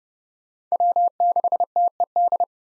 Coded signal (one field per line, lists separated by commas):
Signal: Morse code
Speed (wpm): 30 wpm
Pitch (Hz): 700 Hz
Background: none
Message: W6TED